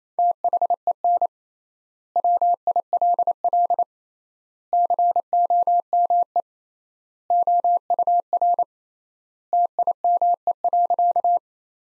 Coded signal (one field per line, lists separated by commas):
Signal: Morse code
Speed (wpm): 27 wpm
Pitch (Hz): 700 Hz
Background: none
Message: THEN WILL COME OUR TIME.